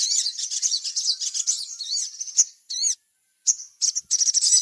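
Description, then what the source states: Little spiderhunter song, quick high twittering notes and a few sweeping up-and-down whistles, broken by a short silent gap. Masteran, a training recording of the song.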